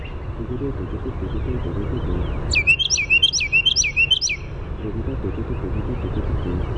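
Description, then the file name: Carolina wren giving a loud burst of about five quick repeated phrases, with low harmonic sounds and faint background rumble before and after. "CARW song"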